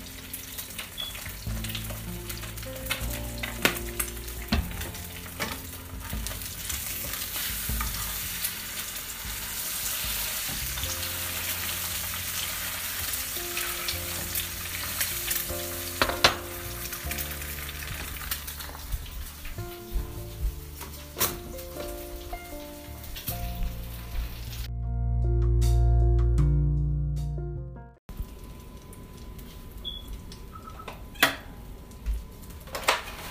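Eggs fry for a sandwich: a steady, dense sizzle with a low hum underneath and scattered sharp clicks and taps. Around twenty-five seconds a deep rushing swell rises, then cuts off abruptly, leaving quieter sounds and occasional clinks.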